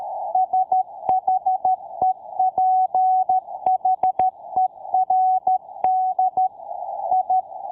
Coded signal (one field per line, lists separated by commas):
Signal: Morse code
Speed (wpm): 13 wpm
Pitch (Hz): 750 Hz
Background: none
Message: SHEPHERD I